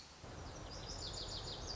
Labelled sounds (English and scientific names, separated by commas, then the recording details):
Lazuli Bunting (Passerina amoena)
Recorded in Sonoma County, California